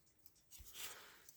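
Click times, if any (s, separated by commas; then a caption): none. During reassembly of a 1950 Smiths "Triumph" alarm clock, a pivot on a clock movement part is pushed toward its hole in the movement plate, making small taps near 0.3, 1.3 and 1.4 s and a scratchy rubbing from about 0.5 to 1.2 s. The attempt fails because the pivot is not quite in its hole, and nothing has seated or clicked into place yet.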